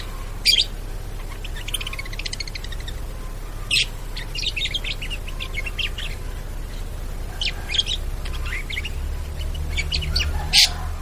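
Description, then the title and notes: Bird twittering softly between a few loud sharp clicks, over a steady low background hum. Bird ringtone with melodious sounds. "Burung Dengan Suara Merdu"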